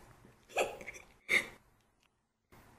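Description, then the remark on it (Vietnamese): Two sharp, choked sobbing hiccups, a voice acting out a young woman's tearful gulps, with a shaky breath between them, then a brief silence before faint breathing resumes. “Nói xong, nàng hòa khóc và nấc nghẹn ngào.”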